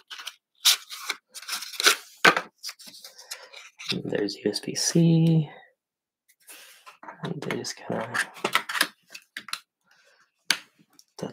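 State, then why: Seated. Someone talks while a USB-C expansion card, a small plastic and metal module, is slid into a Framework laptop's expansion bay. There are scattered handling noises before a single sharp click at 10.5 s as the card seats in its slot.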